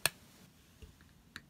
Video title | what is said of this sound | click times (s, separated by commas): Hot Wheels Star Wars TIE Bomber | Peg it in the port like so, hear that click? | 0.1 s